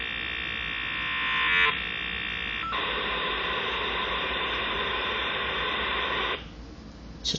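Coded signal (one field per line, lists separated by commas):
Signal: dial-up modem handshake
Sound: brief chord of warbling tones, then loud wide hiss, a short tone, more hiss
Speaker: successfully made a connection.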